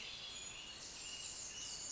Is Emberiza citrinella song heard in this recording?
no